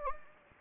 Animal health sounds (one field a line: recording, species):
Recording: mosquito wingbeat signal from an infrared sensor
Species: Anopheles gambiae